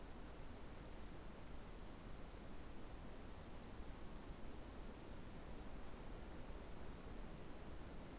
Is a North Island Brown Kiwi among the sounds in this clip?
no